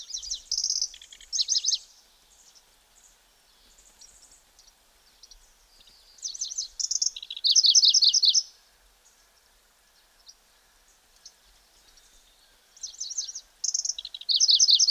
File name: Zvuki ptic - Pevchij sverchok